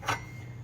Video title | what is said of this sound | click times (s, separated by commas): Verona Setup | this locks into place we can put this back into storage where we got it | 0.1 s